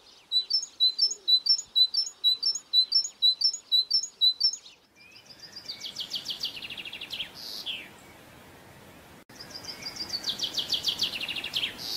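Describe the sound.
Bird song of high, rapid chirps repeated in a steady rhythm, shifting to buzzier trills later.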